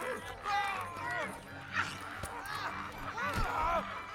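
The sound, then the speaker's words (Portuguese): A chicken clucks and squawks in a busy run of short, wavering calls that rise and fall in pitch, fairly loud throughout with a low rumble underneath. “Ai, sai disso, galinha!”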